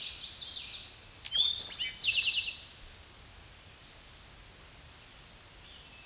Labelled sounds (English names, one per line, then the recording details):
Eastern Towhee song
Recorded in a Pennsylvania forest on 16 May 2024 at 06:05
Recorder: AudioMoth, point MSD-0627
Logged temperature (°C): 14.8 °C
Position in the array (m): 109 m, 6 m